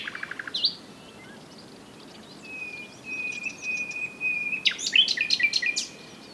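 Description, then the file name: Common nightingale singing a brief trill, then a long, steady, level whistle followed by a burst of fast, varied, chattering notes. "Luscinia megarhynchos"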